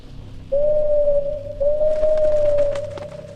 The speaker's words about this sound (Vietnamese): con chim lớn đậu trên cái nóc chòi nãy giờ bỗng kêu lên liên tục rồi bay vút lên không trung.